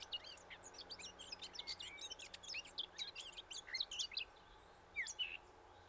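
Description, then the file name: Eurasian blackcap singing a rapid, jumbled warble of high chirps and twitters for about four seconds, then a brief pause and a few more notes, over a low steady hum. "Sylvia atricapilla"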